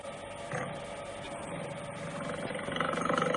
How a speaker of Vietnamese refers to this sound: Xa xa, ẩn ẩn truyền đến tiếng bạch hổ gầm.